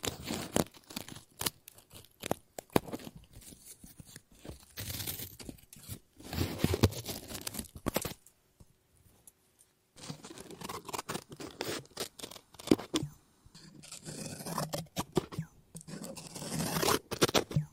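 Scissors snip and cut through paper in quick, crisp bursts, with busy rustling stretches around five to seven seconds and again from eleven seconds on. A near-silent pause falls around eight to ten seconds. No voices are heard.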